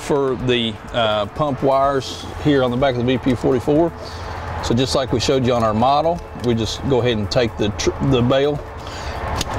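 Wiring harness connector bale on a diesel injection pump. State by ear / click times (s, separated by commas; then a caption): released / 9.4 s. Someone talks while pulling back the locking bale on the wiring harness connector for the pump wires on the back of a VP44 diesel injection pump. A sharp click sounds at 9.4 s as the bale latch clicks open, releasing the plug so it can be unhooked.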